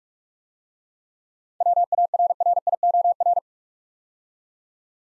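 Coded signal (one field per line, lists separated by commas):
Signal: Morse code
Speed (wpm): 44 wpm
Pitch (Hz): 700 Hz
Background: none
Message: WARRIOR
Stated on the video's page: Morse drill of 7-letter words at 45 wpm, with the first three letters spoken beforehand.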